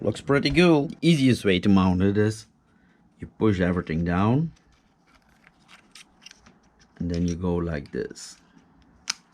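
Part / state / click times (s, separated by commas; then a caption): carbon fiber part onto RC car chassis mount / seated / 9.1 s. Someone talks while a carbon fiber part is pushed down over its mount on a Team Corally Kagama RC car chassis, with faint scratching and handling taps in between. At 9.1 s a sharp click sounds as the part snaps into place, confirming it fits.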